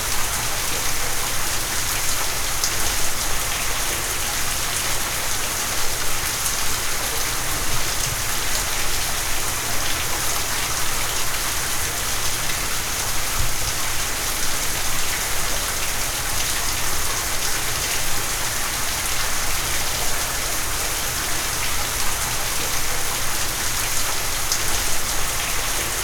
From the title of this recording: Heavy Rain Splashing Down